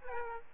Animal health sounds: mosquito wingbeat signal from an infrared sensor; Aedes albopictus

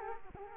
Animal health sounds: mosquito wingbeat signal from an infrared sensor; Culex quinquefasciatus

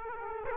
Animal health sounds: mosquito wingbeat signal from an infrared sensor; Culex quinquefasciatus

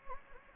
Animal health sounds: mosquito wingbeat signal from an infrared sensor; Anopheles gambiae

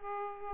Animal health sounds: mosquito wingbeat signal from an infrared sensor; Aedes aegypti

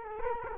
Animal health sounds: mosquito wingbeat signal from an infrared sensor; Culex quinquefasciatus

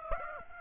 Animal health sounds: mosquito wingbeat signal from an infrared sensor; Aedes aegypti

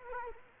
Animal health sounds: mosquito wingbeat signal from an infrared sensor; Culex quinquefasciatus

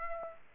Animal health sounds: mosquito wingbeat signal from an infrared sensor; Aedes aegypti

